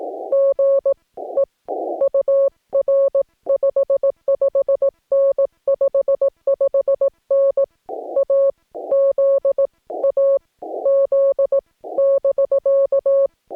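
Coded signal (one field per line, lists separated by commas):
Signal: Morse code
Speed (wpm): 18 wpm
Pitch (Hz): 560 Hz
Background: music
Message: GE UR 55N 55N AZ AZ <BK>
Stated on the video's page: CW park activation pile-up on 15 meters, Yaesu FT-891 at 25 watts, US Morse paddles, 17-ft whip antenna.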